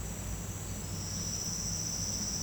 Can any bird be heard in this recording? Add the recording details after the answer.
no. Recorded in secondary vegetation near Puerto Asís, Putumayo, Colombia, on 19 March 2025 at 09:30. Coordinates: 0.485, -76.322. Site G040